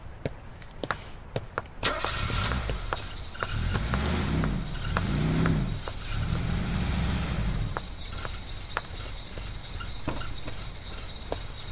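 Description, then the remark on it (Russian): A car engine rumbles low and steady, swelling and easing in a few slow surges, then settles quieter while sharp little clicks and ticks sound over it as the car stops. “Он останавливается и выходит из машины.”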